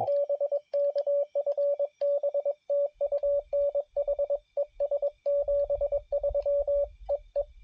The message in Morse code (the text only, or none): BK FB TU NH ES 73 EE